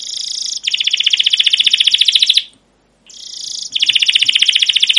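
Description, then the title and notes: Canary song with long rapid buzzing trills, broken by a brief pause, then the same fast rolling trill starts again. Canary song of "cuit cuit" chirps, used as a lure to stimulate other canaries and as a tutor recording for young canaries learning sounds. "CUIT CUIT NGEROL LANGSUNG GACOR PANJANG Kenari Ini AMPUH Utk Pancingan KENAR. PANCINGAN Kenari GACOR PANJANG Cuit CUIT EMOSI ini AMPUH utk MASTERAN Kenari PAUD belajar BUNYI. burung kenari"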